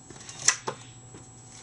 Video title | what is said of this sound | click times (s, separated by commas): Finished Homemade Blaster!!! (New SNAP Design) | it's very rewarding to hear that nice little click noise | 0.5 s